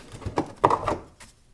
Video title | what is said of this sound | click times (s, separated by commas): Diode Dynamics SS3 LED Amber Fog Lights for the Tacoma - Install and Review | and it's going to pop right out like so. | 0.6 s